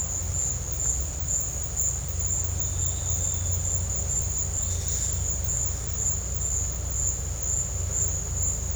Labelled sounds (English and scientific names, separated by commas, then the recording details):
none
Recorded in dense forest near Puerto Asís, Putumayo, Colombia, on 20 December 2024 at 13:30
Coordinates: 0.468, -76.322
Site G071